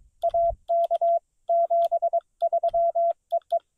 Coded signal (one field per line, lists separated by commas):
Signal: Morse code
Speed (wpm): 23 wpm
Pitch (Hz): 690 Hz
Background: none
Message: AK 73 EE